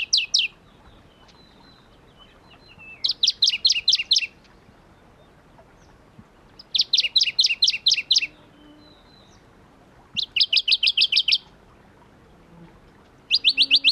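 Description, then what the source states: Shrub frog repeating rapid bursts of high, clicking pulses, each lasting about a second, at intervals of roughly three seconds, against a quiet background. Philautus fuscatus at Kuda, 28 June 2012.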